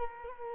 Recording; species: mosquito wingbeat signal from an infrared sensor; Culex quinquefasciatus